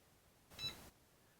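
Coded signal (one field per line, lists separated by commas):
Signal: beep code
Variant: electronic deadbolt keypad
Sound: a button click with one short high electronic beep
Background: small room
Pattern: 1 short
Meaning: One short beep confirms the program button press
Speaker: Press program again. I will hear one short beep.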